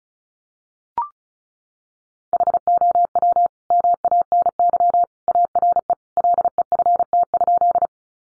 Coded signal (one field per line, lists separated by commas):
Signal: Morse code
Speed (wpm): 34 wpm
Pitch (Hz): 700 Hz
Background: none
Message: HOW MANY ARE LEFT?